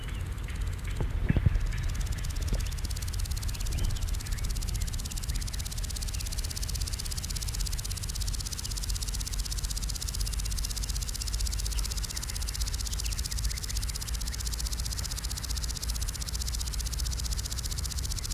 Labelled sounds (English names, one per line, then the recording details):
Common Green Grasshopper stridulation
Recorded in the wild
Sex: male
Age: imago
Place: Summt, Grundstück, Brandenburg, DE
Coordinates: 52.6931, 13.3619
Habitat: Garten, Wiese
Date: 1971-08-01 16:10
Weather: sonnig, 27°C
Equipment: Uher 4000 Report-Monitor, Sennheiser MD 421
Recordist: Tembrock, Günter